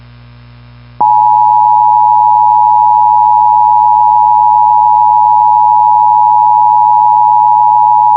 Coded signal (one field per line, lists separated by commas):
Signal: Emergency Alert System (SAME) tones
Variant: 853 and 960 Hz attention tone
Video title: NATIONAL EAS TEST 2023... || EAS Alerts from October 2023 (EAS #2,185-2,215)